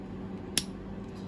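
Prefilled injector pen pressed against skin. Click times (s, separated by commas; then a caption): 0.6 s. A prefilled bimekizumab (Bimzelx) injector pen is held pressed against pinched skin after its first click started the injection. A single sharp second click sounds at 0.6 s over a low steady hum, signaling that the full dose has been delivered.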